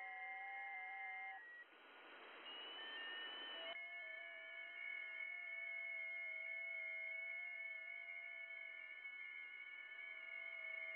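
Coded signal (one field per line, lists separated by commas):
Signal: FT8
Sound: several overlapping steady tones with faint warbling steps, brief hiss burst near start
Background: radio static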